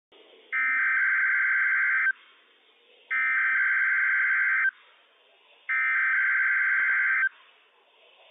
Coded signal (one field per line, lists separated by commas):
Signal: Emergency Alert System (SAME) tones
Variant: header bursts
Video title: NWS PDT Required Weekly Test - WWF56 - EAS #113 - 10:42 AM PDT 6/9/21